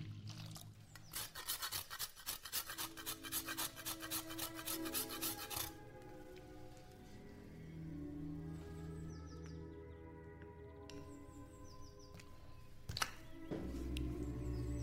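Kitchen sounds play over old-time music with steady held notes. From about one to six seconds a fast, rough scraping or grating runs continuously, then fades into quieter clatter and a low hum. A sharp knock lands near thirteen seconds, followed by a louder low rumble.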